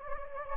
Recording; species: mosquito wingbeat signal from an infrared sensor; Anopheles gambiae